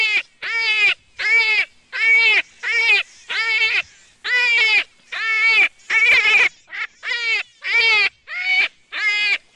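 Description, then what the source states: Jackrabbit cries: harmonic, wavering squeals in a rapid series, each short and slightly bent in pitch, with brief silent gaps between them. Juvenile.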